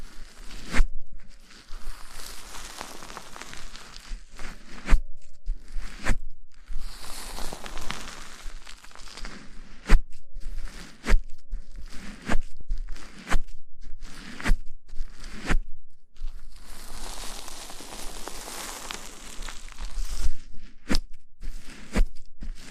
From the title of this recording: shampoo wash hair